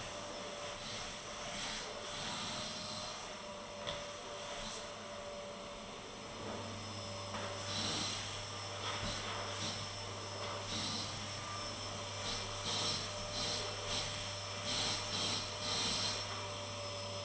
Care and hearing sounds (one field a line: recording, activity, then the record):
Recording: daily activity, microphone in the room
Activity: vacuum cleaning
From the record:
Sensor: 4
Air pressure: 1000.9 hPa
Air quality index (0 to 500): 138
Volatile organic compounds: 2 ppm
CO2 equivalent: 1024 ppm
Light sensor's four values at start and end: 29/69/29/30 and 28/67/28/29